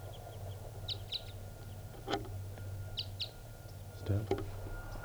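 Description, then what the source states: Red Crossbill calls: a few sharp kip notes in small pairs and clusters, with two dull knocking sounds and a low steady hum. Wild type 2 birds; females responding, part of a male-female pair perched low in a small pine tree.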